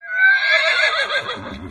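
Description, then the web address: Horse whinny, a loud, shrill neigh that wavers and trembles, then fades out. "Partners In Rhyme Horse Whinny"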